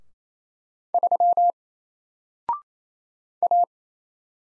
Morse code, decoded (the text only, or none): 3 A